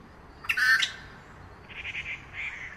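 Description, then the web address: Grey treepie giving one loud, harsh, rasping squawk, followed by a quick run of softer, fainter chattering notes. Recorded at Yushan. "樹鵲 Yushan"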